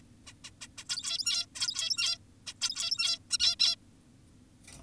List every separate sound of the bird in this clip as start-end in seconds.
0.27-0.33, 0.44-0.51, 0.61-0.68, 0.78-0.84, 0.90-1.46, 1.55-2.18, 2.47-2.54, 2.62-3.19, 3.31-3.38, 3.40-3.56, 3.60-3.76